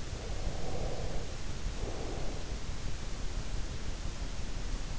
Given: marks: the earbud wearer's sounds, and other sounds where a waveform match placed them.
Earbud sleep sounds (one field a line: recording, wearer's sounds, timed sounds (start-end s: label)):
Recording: sounds in sleep by an in-ear microphone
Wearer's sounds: breath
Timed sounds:
0.00-3.05 s: breath